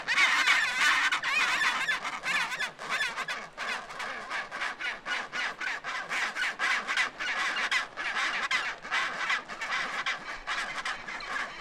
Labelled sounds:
Chinstrap Penguin call

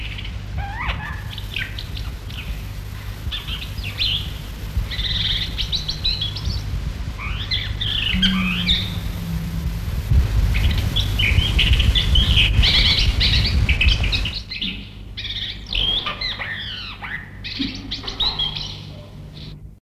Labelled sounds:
Common Green Magpie call

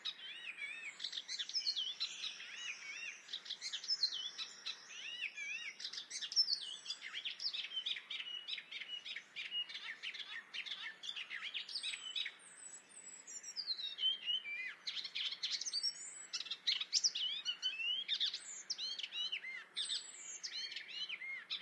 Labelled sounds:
Icterine Warbler song

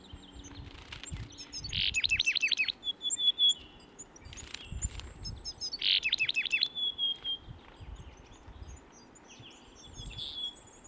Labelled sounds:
Willow Tit aggressive call

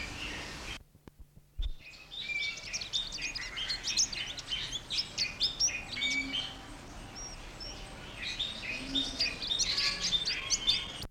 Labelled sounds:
Pin-tailed Whydah

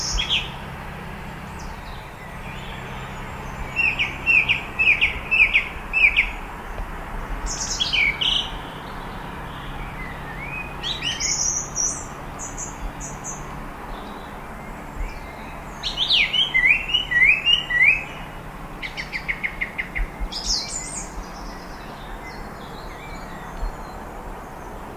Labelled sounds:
Song Thrush song

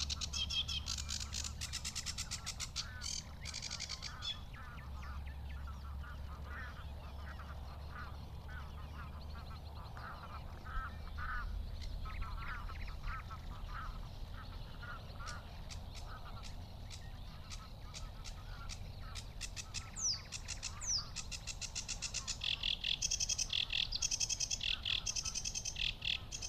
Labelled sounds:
Sedge Warbler song

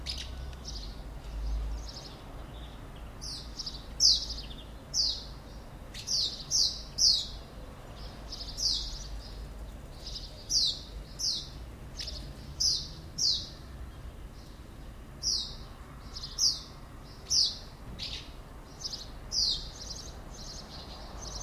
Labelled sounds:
Common House Martin

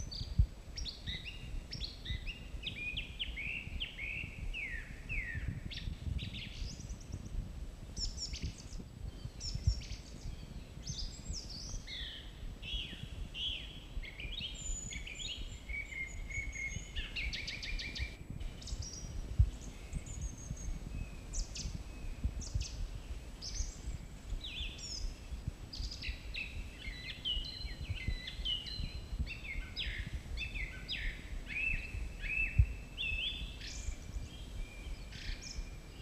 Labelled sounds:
Song Thrush song

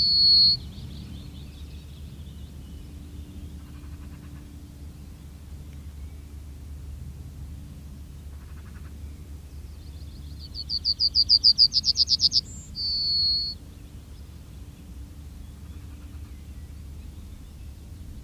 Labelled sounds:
Yellowhammer song

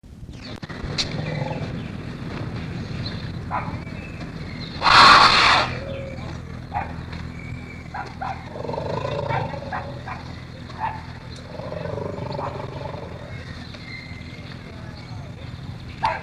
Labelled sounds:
Asian Elephant growling

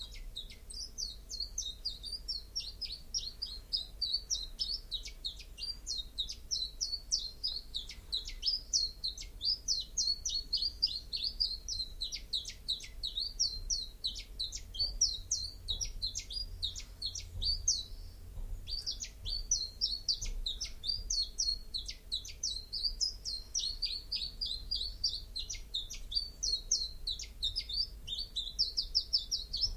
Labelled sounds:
Common Chiffchaff song

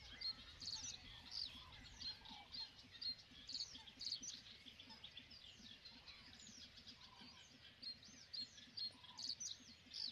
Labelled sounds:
Great Bittern

